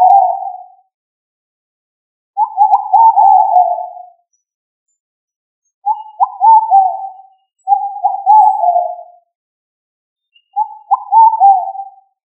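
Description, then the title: Pigeon cooing in low, soft phrases, five burbling coos, most lasting over a second, separated by short silences. "Columbidae Pomba"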